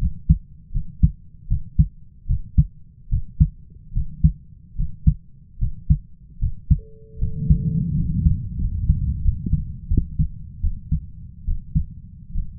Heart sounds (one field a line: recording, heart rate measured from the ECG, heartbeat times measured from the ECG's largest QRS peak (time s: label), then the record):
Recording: heart sounds by stethoscope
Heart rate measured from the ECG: 78 bpm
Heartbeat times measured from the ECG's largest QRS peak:
0.72 s: heartbeat
1.47 s: heartbeat
2.26 s: heartbeat
3.09 s: heartbeat
3.93 s: heartbeat
4.75 s: heartbeat
5.58 s: heartbeat
6.39 s: heartbeat
7.18 s: heartbeat
7.94 s: heartbeat
8.58 s: heartbeat
9.21 s: heartbeat
9.88 s: heartbeat
10.60 s: heartbeat
11.44 s: heartbeat
12.31 s: heartbeat
From the record:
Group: healthy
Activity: rest 0-7 s, breath hold 7-13 s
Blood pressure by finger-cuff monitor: 105/66 mmHg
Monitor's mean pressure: 78 mmHg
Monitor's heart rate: 76 bpm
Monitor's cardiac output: 5.3 L/min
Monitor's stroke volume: 67 mL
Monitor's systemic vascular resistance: 1050 dyn s/cm5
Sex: male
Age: 20 years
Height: 167 cm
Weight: 61 kg